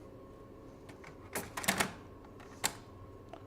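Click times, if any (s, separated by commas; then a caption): 2.7 s. A fuser unit, rated for about a hundred thousand impressions, is pushed back into the engine of an Oki Data pro510DW digital colour web printer. A series of handling knocks and clatters comes at about 1.4–1.8 seconds. Then a sharp click at 2.7 seconds marks the fuser unit locking into place.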